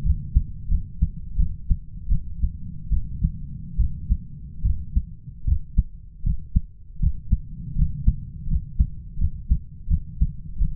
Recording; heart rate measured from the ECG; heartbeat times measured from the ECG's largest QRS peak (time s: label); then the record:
heart sounds by stethoscope; 80 bpm
0.04 s: heartbeat
0.69 s: heartbeat
1.37 s: heartbeat
2.10 s: heartbeat
2.91 s: heartbeat
3.78 s: heartbeat
4.63 s: heartbeat
5.46 s: heartbeat
6.24 s: heartbeat
7.00 s: heartbeat
7.76 s: heartbeat
8.48 s: heartbeat
9.19 s: heartbeat
9.88 s: heartbeat
10.59 s: heartbeat
From the record:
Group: healthy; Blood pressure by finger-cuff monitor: 123/71 mmHg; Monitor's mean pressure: 87 mmHg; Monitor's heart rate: 86 bpm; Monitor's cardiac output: 8.1 L/min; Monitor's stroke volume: 100 mL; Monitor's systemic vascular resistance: 820 dyn s/cm5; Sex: male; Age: 33 years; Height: 179 cm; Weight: 80.4 kg